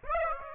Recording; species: mosquito wingbeat signal from an infrared sensor; Aedes aegypti